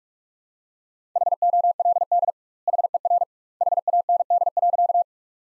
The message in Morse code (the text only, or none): HOLD HER HAND.